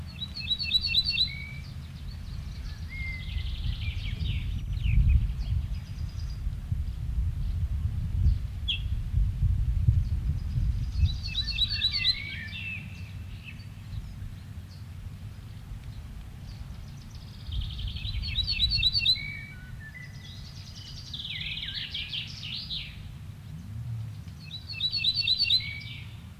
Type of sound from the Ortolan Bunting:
alarm call